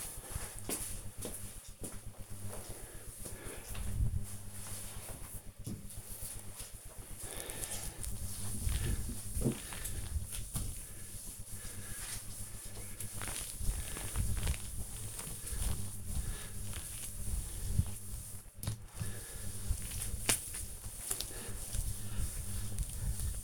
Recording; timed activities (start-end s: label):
household activities, microphone on the right wrist
9.62-23.44 s: cleaning table